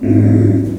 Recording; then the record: squeal of a Yucatan mini pig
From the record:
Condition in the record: after surgery on the right vocal fold (resection and tissue-engineered implant); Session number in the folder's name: 4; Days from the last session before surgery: 26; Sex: female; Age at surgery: 19 weeks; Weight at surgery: 25 kg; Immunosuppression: prednisolone